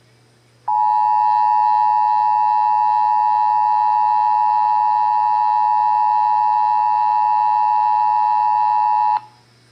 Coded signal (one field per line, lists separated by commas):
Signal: Emergency Alert System (SAME) tones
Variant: 853 and 960 Hz attention tone